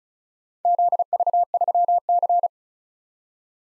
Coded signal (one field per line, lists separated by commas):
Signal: Morse code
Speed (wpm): 34 wpm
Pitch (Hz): 700 Hz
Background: none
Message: ZV3C